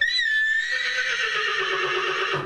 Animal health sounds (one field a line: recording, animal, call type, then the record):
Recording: contact call of a hoofed animal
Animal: horse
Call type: whinny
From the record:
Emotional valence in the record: negative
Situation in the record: group separation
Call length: 2.5 s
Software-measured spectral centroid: 2580 Hz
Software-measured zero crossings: 4040 a second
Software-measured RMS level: -24 dBFS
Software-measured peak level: -9 dBFS